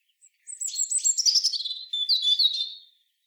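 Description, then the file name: European robin singing one sustained, high, jumbled phrase of fast twitters and trills that slides lower, then ends in clear whistled notes. "Erithacus rubecula"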